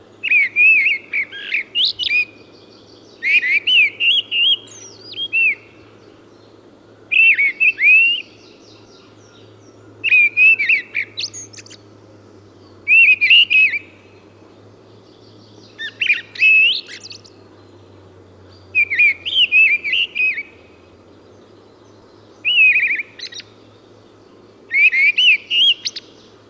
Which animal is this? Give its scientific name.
Turdus viscivorus